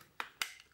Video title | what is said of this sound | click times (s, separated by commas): Nizo 561 loading Super 8 film and batteries on Super 8 camera Braun Nizo 561 Macro super 8 camera | needs to go here, so you put it in, hear the click, second | 0.2 s, 0.4 s